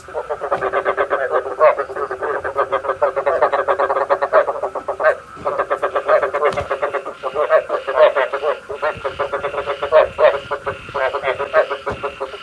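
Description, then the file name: Frogs croaking in a dense run of rapid pulsed croaks, nearly continuous with brief pauses. Male frogs calling, used to stimulate frogs to pair for breeding. "tieng ech duc keu kich thich ech ghep cap sinh san"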